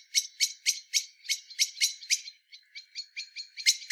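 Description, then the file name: Common blackbird chinking steadily, about four sharp notes per second, dipping briefly softer midway before building again. "Turdus merula"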